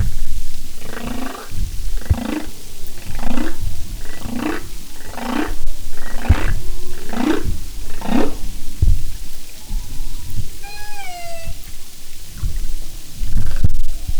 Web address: Sound and Marine Mammals humpback